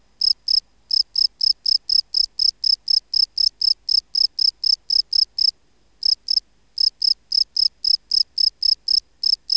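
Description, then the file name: Field cricket song: a long series of high, buzzy chirps roughly four per second, interrupted by a couple of short pauses. "Bio Acoustica. Gryllus campestris"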